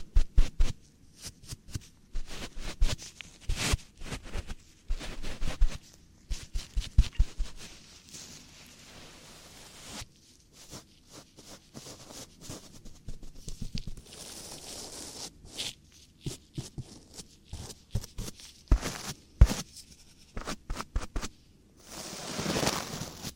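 Ear cleaning ASMR: a busy stream of short scratchy, rustling clicks and taps, irregular and dense through most of the clip. A softer, quieter stretch comes around ten to fifteen seconds, and near the end a brighter, hissing rub swells for a couple of seconds.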